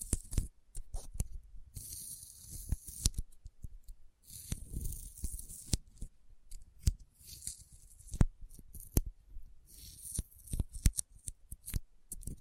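Sticky fingers peel and smack apart in a dense, irregular run of sharp clicks and wet pops across the whole stretch. Hissy, crackling tearing sounds swell in bursts around two, five and eleven seconds, with soft low thumps beneath and brief silent gaps.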